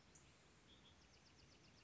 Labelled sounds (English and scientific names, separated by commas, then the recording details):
Bewick's Wren (Thryomanes bewickii)
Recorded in Sonoma County, California